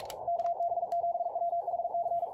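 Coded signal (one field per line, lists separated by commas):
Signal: Morse code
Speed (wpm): 46 wpm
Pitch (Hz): 690 Hz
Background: radio noise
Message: KB7WHC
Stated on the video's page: Morse Runner practice.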